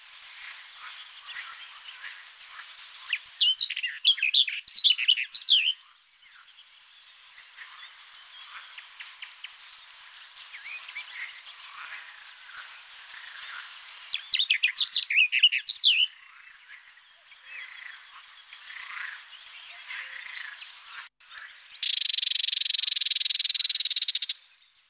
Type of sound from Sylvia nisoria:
song